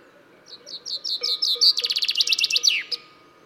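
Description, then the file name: Common chaffinch song: a run of bright descending notes speeding into a rattling trill, finished with a quick downward flourish, against a faint low hum. "Fringilla coelebs"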